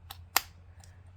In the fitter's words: It snaps right in.